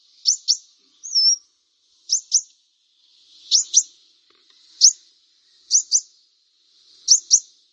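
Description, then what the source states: Brown-throated Sunbird repeating high, sharp chips, mostly in pairs, with one thin, looping whistle early on. Indonesian name Kolibri Kelapa; described as gacor, meaning singing vigorously.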